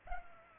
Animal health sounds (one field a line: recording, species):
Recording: mosquito wingbeat signal from an infrared sensor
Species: Culex pipiens